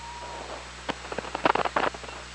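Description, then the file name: Killer whale sounds: a thin, steady tone at first, then a rapid run of loud, irregular clicks and pulsed bursts, over background hum and hiss. OrcaLab hydrophone, 24 August 2017, 17:57:32. "Orca Lab 20170824 175732"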